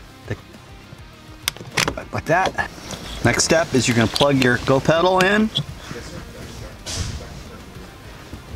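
A fingernail presses the plastic retaining clip on an accelerator pedal's wiring connector, seated in its harness socket, so the plug can be pulled free. A sharp click is heard at 1.5 s, followed by a few lighter ticks, and then someone talks. The connector clip is released.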